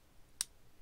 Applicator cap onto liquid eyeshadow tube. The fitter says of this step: pretty easy to use the best part about this is when you close it you hear that snap